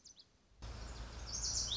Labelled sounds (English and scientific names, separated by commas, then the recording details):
Lazuli Bunting (Passerina amoena)
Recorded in Sonoma County, California